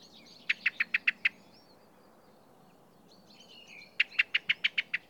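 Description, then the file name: Common blackbird call series, six sharp ticking notes, a quiet gap with soft bird chatter, then another run of seven. "Turdus merula"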